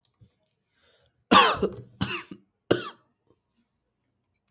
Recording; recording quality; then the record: heavy voluntary cough; excellent, no background noise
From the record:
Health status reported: exposed to COVID-19, no respiratory illness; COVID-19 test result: negative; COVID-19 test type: RT-PCR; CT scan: not taken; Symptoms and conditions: cough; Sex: male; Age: 26 years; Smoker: yes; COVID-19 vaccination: both doses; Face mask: not worn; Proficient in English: yes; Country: India